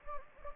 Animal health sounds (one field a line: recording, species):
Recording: mosquito wingbeat signal from an infrared sensor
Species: Anopheles gambiae